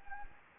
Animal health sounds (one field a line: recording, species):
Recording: mosquito wingbeat signal from an infrared sensor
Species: Anopheles gambiae